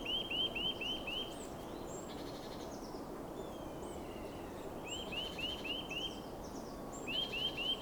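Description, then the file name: Eurasian nuthatch delivering brisk groups of five or six upslurred whistles, a gap, then more groups, over steady background noise. "Sitta europaea"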